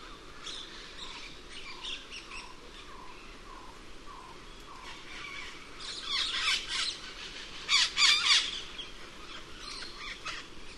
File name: cuban parrot